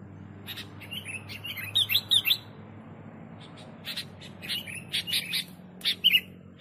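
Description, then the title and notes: Sooty-headed bulbul giving scattered short chirps and brief twittering phrases, over a constant low hum. Song used as a model for training songbirds (masteran). "suara burung kutilang buat masteran"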